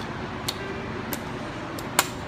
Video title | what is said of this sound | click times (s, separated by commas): Remove your camaro center console part 2 | just snapped right into place | 2.0 s